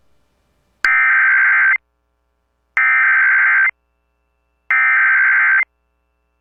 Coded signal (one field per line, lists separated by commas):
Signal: Emergency Alert System (SAME) tones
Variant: header bursts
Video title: EAS Child Abduction Emergency (Dangerous AMBER Alert!) Rapid City, South Dakota Statewide Alert